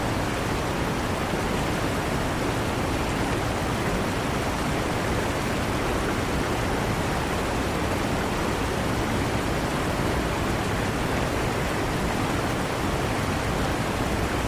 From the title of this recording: Huge Waterfall White Noise